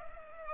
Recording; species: mosquito wingbeat signal from an infrared sensor; Culex pipiens